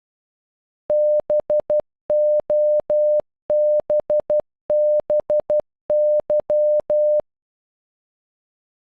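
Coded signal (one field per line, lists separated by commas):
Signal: Morse code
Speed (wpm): 12 wpm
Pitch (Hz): 600 Hz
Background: none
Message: BOBBY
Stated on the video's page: Morse code for the name, played at normal and half speed, made with an online Morse translator.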